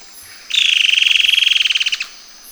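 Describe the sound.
Bird delivering a single rapid, even trill of about one and a half seconds, fading slightly at the end, over a quiet background.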